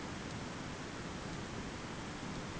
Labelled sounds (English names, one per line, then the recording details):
none
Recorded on Arctic tundra, site ZACK-1, on 15 June 2019
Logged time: 21:49